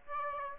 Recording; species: mosquito wingbeat signal from an infrared sensor; Aedes aegypti